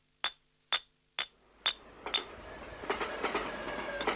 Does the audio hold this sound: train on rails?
yes